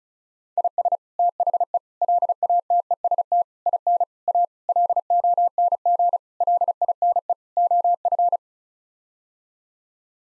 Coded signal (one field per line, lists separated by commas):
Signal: Morse code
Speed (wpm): 36 wpm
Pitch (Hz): 700 Hz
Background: none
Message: IS THE LATEST IN A LONG LINE OF